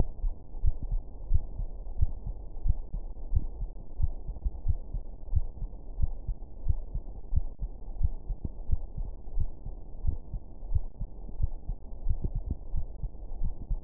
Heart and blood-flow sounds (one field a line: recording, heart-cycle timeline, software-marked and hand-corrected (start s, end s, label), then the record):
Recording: heart sounds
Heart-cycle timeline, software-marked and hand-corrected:
0.00	0.08	S1
0.08	0.22	systole
0.22	0.34	S2
0.34	0.62	diastole
0.62	0.76	S1
0.76	0.90	systole
0.90	1.02	S2
1.02	1.28	diastole
1.28	1.42	S1
1.42	1.58	systole
1.58	1.68	S2
1.68	1.98	diastole
1.98	2.10	S1
2.10	2.24	systole
2.24	2.34	S2
2.34	2.64	diastole
2.64	2.78	S1
2.78	2.94	systole
2.94	3.02	S2
3.02	3.30	diastole
3.30	3.44	S1
3.44	3.60	systole
3.60	3.70	S2
3.70	4.00	diastole
4.00	4.14	S1
4.14	4.28	systole
4.28	4.36	S2
4.36	4.66	diastole
4.66	4.78	S1
4.78	4.92	systole
4.92	5.02	S2
5.02	5.32	diastole
5.32	5.46	S1
5.46	5.62	systole
5.62	5.70	S2
5.70	6.00	diastole
6.00	6.14	S1
6.14	6.28	systole
6.28	6.36	S2
6.36	6.64	diastole
6.64	6.78	S1
6.78	6.94	systole
6.94	7.02	S2
7.02	7.34	diastole
7.34	7.46	S1
7.46	7.62	systole
7.62	7.70	S2
7.70	7.98	diastole
7.98	8.12	S1
8.12	8.28	systole
8.28	8.38	S2
8.38	8.70	diastole
8.70	8.80	S1
8.80	8.98	systole
8.98	9.08	S2
9.08	9.36	diastole
9.36	9.48	S1
9.48	9.64	systole
9.64	9.74	S2
9.74	10.04	diastole
10.04	10.16	S1
10.16	10.32	systole
10.32	10.40	S2
10.40	10.70	diastole
10.70	10.84	S1
10.84	11.00	systole
11.00	11.08	S2
11.08	11.40	diastole
11.40	11.52	S1
11.52	11.68	systole
11.68	11.76	S2
11.76	12.06	diastole
12.06	12.18	S1
12.18	12.34	systole
12.34	12.44	S2
12.44	12.74	diastole
12.74	12.86	S1
12.86	13.02	systole
13.02	13.10	S2
13.10	13.40	diastole
13.40	13.52	S1
13.52	13.70	systole
13.70	13.80	S2
13.80	13.84	diastole
From the record:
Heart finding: coronary artery disease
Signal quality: good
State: rest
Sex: female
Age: 61 years